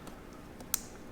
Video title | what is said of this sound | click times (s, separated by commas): Installing the PathFinder Power Accessory Hub on my 2023 Honda Goldwing. | and it's just simply plug and play, snap in place, | 0.7 s